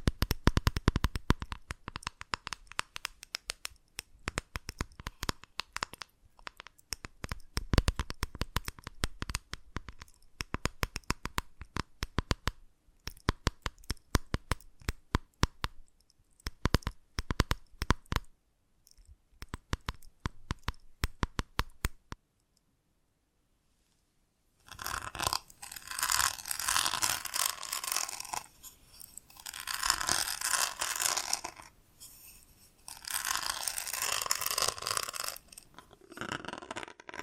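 Invisible tapping fills the first twenty-two seconds, with quick, dense bursts of sharp clicks that come in uneven clusters with short pauses. After about two seconds of silence, a bright, hissing scratching takes over, rising and falling in long sweeping waves until the end.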